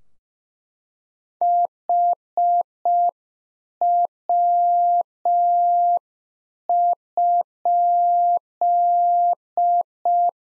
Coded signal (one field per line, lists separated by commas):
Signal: Morse code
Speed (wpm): 5 wpm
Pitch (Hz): 700 Hz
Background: none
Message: HW?